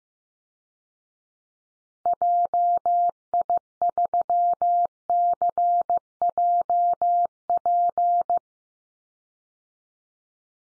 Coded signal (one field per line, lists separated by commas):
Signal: Morse code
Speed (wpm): 15 wpm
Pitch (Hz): 700 Hz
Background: none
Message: JI3CJP